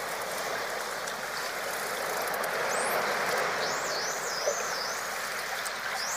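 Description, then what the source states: Dolphin whistles, high wavering and rising tones looping up and down over a steady broad hiss of underwater noise. Dolphins recorded deep underwater, communicating with each other.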